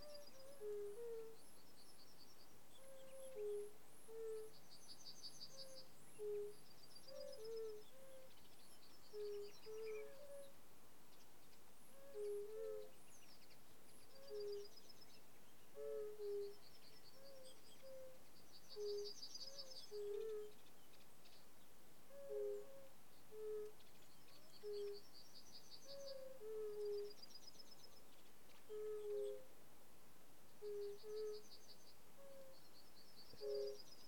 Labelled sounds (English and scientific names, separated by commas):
Fire-Bellied Toad (Bombina bombina) call